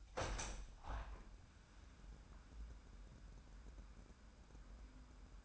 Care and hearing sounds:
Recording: daily activity, microphone in the room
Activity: open window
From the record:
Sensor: 2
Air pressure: 997.8 hPa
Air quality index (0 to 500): 133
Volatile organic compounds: 3 ppm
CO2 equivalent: 1502 ppm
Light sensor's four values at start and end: 11/32/13/12 and 11/32/13/12

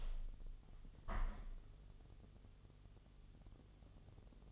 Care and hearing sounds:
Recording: daily activity, microphone in the room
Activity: open window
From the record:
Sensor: 4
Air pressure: 1015.8 hPa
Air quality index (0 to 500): 107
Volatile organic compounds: 2 ppm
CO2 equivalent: 1201 ppm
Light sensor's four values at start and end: 9/20/8/7 and 9/20/8/7

